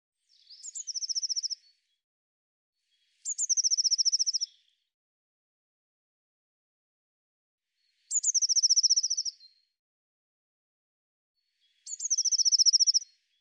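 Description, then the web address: Eurasian blue tit delivering four separate phrases of thin high notes followed by fast, even trills, spaced one and a half to three and a half seconds apart with silence between. "cianscape birddata Deverinetal 2025 File cleaned normalized Bird Cy Ca"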